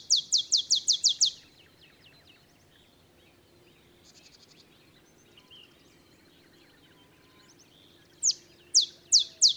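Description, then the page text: Olive sparrow song ending in a fast run of high chips, a quiet gap with soft faint notes, then a new song starting with spaced, accelerating chips. Simple songs likened to a field sparrow's bouncing ball song; early morning in Texas, 50 miles north of the Mexican border. "Olive sparrow. Recording early morning just 50 miles north of the Mexican border in Texas"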